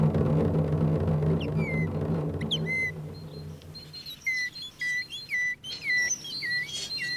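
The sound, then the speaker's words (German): A person whistles an imitation of a tit's call in repeated short two-note phrases, high and bright, following a low rumbling hum that fades out early on. “Eine Meise?”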